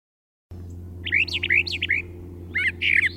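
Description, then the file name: Brown thrasher song: quick, varied chirping phrases, several notes given in pairs, with a short pause before a second burst of harsher notes; steady low hum beneath. "suara kicauan brown trasher. omkicau"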